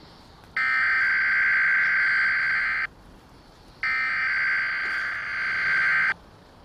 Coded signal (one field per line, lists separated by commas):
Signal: Emergency Alert System (SAME) tones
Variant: header bursts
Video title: Required Weekly Test